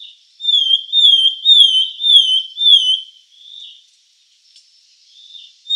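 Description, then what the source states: Sultan tit whistling a rapid series of five loud, down-slurred notes, followed by fainter single notes and a pause before another note starts. Subspecies gayeti.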